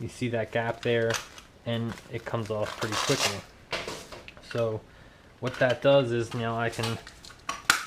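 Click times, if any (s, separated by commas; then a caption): 7.7 s. Someone talks while a gear attachment clip is pushed back onto webbing, with a few faint handling ticks along the way. At 7.7 s the clip locks onto the webbing with a sharp plastic click, and it is seated and secured.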